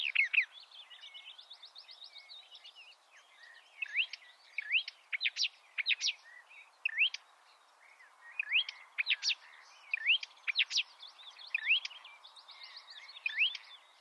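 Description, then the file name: Marsh warbler song, a varied flow of churring trills, sharp clicks and looping whistles, repeated in bursts over a faint hiss. "suara kicauan burung marsh warbler. omkicau"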